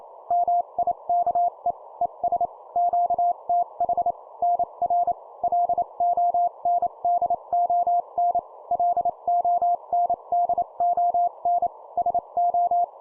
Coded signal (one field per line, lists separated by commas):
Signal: Morse code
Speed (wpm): 29 wpm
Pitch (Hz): 700 Hz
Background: none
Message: MIKE ES QTH NR LONDON LONDON SO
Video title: 25wpm CW QSO Format Example, improve morse code copy speed